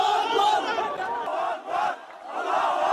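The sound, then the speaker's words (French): A large crowd in Cairo erupts in loud, sustained celebratory shouting of "God is great" at news of President Mubarak's resignation, many voices overlapping in a dense roar that dips briefly before surging again. “Et la foule explose, crie Dieu est grand, comme si la démission du président Moubarak était un miracle.”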